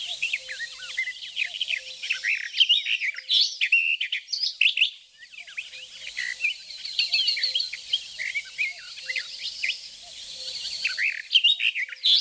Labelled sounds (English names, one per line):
Barred Warbler song